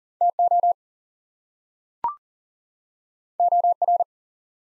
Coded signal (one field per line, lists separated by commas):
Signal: Morse code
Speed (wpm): 40 wpm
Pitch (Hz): 700 Hz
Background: none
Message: TO OR